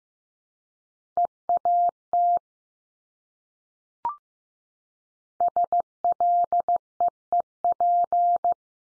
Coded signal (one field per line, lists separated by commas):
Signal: Morse code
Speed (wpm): 15 wpm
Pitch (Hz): 700 Hz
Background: none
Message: EAT SLEEP